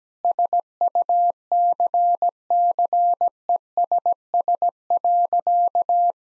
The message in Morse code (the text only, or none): SUCCESS.